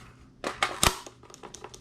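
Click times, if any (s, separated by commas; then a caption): 0.8 s. An empty aftermarket pistol magazine is pushed into a firearm's magazine well, with scraping knocks at about 0.5 and 0.6 s as it slides in. A sharp metallic click at 0.8 s marks the magazine catch engaging, followed by a few faint ticks. The magazine locks into place.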